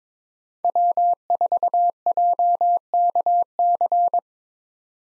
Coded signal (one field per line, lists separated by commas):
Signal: Morse code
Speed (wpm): 22 wpm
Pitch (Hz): 700 Hz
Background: none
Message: W4JKC